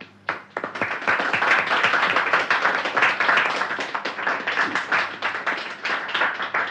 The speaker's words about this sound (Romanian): L-a aplaudat însăși majestatea sa.